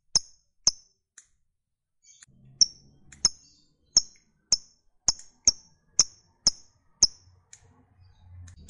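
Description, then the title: Lovebird uttering short, piercing chirps at irregular intervals, sometimes in quick pairs, with faint low rustling between. Fighter lovebird; the recording features its long chatter (ngekek panjang). "Suara Lovebird FIGHTER NGEKEK PANJANG"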